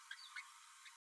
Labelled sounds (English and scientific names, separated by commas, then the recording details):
Green-rumped Parrotlet (Forpus passerinus) babbling
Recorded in a nest box in Venezuela
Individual 18B12A3